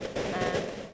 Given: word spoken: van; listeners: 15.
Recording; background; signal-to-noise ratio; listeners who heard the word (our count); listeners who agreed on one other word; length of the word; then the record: one English word in noise, from a listening test; noise modulated by three-talker babble; -6.2 dB; 0 of 15; 11 of 15; 0.54 s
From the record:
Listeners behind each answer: 11, 2, 1, 1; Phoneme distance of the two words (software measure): 10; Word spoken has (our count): 1 syllable, 3 phonemes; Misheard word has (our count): 1 syllable, 3 phonemes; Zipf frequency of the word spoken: 4.69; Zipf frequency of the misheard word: 5.86